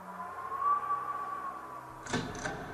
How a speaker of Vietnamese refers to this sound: Bên ngoài gió lạnh thổi từ đâu bỗng thổi vào. Hai kính cửa lập hợp vang lên những tiếng kẽo kẹt. Kính cổng ở bên ngoài dường như cũng bị gió thổi bung ra, đang hợp ra hợp vào.